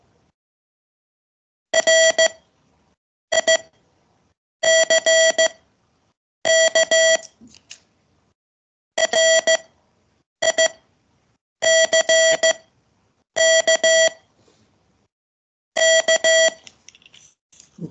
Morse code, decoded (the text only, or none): RICK RICK K